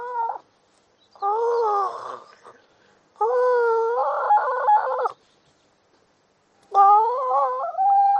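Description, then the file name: Seal calls: several wavering, harmonic wails separated by short silences, the first cut short at the start, some rising and falling in pitch. "audio hero Seal"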